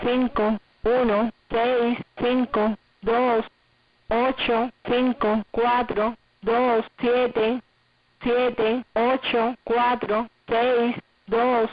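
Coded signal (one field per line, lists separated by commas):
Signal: numbers station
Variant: HM01, Spanish voice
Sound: synthetic-sounding Spanish voice reading single digits at an even pace, eleven numbers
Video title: 07 12 2022 Numbers HM01 Cuban Spy in Spanish 1605 on 11435 Bejucal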